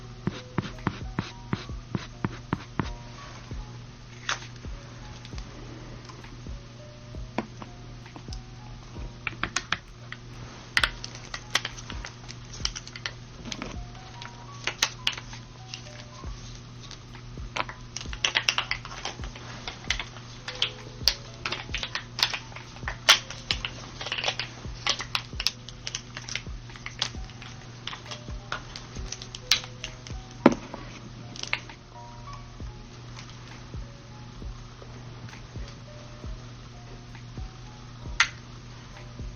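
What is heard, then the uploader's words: Makeup sounds: frequent sharp taps and clicks of containers and tools, sometimes in quick clusters, with a few softer brushing swishes near the middle. A steady low hum runs underneath the whole time. TimASMR-LoFi Doing your Makeup Sounds (Brushing, Tapping, Personal Attention, No Talking).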